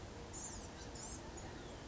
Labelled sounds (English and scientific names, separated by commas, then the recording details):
Blue-gray Gnatcatcher (Polioptila caerulea)
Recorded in Sonoma County, California